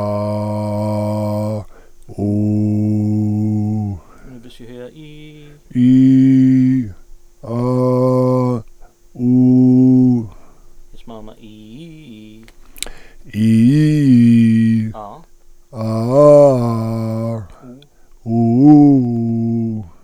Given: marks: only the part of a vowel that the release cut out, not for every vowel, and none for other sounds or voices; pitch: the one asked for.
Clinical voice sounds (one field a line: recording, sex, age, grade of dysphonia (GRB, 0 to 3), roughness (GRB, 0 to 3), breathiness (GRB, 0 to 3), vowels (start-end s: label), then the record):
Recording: sustained vowels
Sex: male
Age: 60 to 69 years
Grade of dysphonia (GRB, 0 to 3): 2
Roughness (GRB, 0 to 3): 0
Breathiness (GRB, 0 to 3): 2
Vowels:
0.83-1.47 s: vowel /a/, low pitch
2.38-3.67 s: vowel /u/, low pitch
5.82-6.70 s: vowel /i/, normal pitch
7.61-8.50 s: vowel /a/, normal pitch
9.33-10.09 s: vowel /u/, normal pitch
13.48-14.66 s: vowel /i/, low-high-low pitch
16.39-17.04 s: vowel /a/, low-high-low pitch
18.77-19.64 s: vowel /u/, low-high-low pitch
From the record:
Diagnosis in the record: recurrent laryngeal nerve paralysis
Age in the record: 61 years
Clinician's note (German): Links, Zustand danach, vollkommene restitutio ad integrum